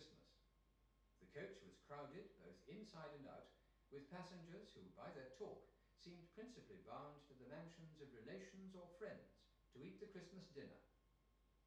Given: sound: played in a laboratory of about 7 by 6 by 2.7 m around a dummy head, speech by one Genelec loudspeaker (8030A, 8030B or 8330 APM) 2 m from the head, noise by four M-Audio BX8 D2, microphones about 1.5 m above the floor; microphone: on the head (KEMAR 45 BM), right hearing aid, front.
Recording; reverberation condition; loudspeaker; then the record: male speech in English; medium; 150 degrees to the left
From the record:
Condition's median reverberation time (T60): about 510 ms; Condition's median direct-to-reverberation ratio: about -0.5 dB